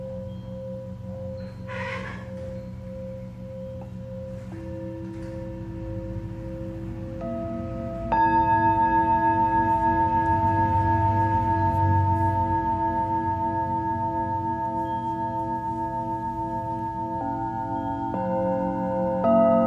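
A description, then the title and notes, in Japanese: Singing bowls hum in a steady, layered drone of sustained tones over a low rumble. New bowls join around eight seconds and again near seventeen, each entry making the sound fuller and louder, and a brief rustle comes at about two seconds. メキシコから シンギングボウルのサウンドヒーリング ライブ。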